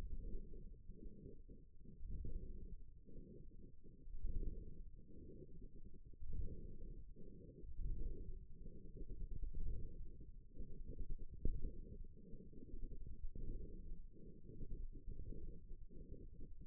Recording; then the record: forearm muscle sounds (acoustic myography)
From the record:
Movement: ulnar deviation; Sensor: system 1, eight BSWA MPA416 microphones around the upper forearm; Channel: 7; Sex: female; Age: 21 years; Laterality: right